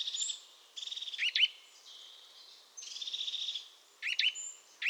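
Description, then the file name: Eurasian nuthatch calls: sharp double chirps stand out early on and again near the end, between stretches of steady trilling and whistles. "Sitta europaea"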